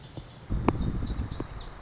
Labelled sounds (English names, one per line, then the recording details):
Lazuli Bunting
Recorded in Sonoma County, California